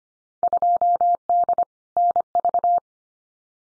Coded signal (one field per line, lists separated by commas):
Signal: Morse code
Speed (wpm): 25 wpm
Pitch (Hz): 700 Hz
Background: none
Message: 2D NV